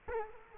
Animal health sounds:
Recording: mosquito wingbeat signal from an infrared sensor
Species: Culex quinquefasciatus

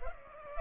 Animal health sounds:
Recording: mosquito wingbeat signal from an infrared sensor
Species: Culex pipiens

